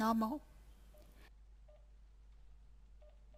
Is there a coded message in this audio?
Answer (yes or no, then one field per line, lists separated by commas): no